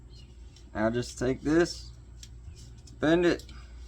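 A metal grille trim clip is handled on a classic pickup truck grille, with the clip's ears under and the wire "paper clip" part in place, as the retaining portion is about to be bent over. Someone talks while faint handling ticks sound in the background. Nothing has seated or clicked yet.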